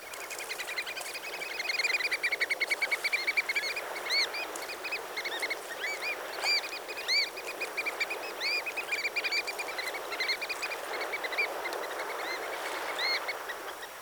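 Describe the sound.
Birds calling together in a dense chorus of sharp, overlapping chirps and rising squeaks over a steady hiss.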